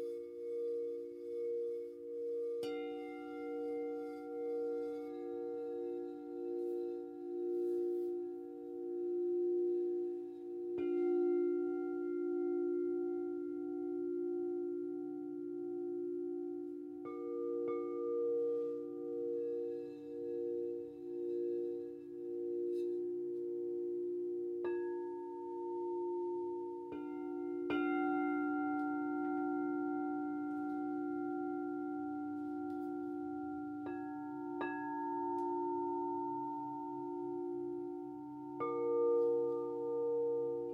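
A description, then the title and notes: Crystal singing bowls hum in a sound bath, their steady, pure tones layered and sustained throughout. Fresh strikes ring out every few seconds, adding bright overtones that slowly fade, while a low soft rumble sits underneath. Sound bath with crystal singing bowls.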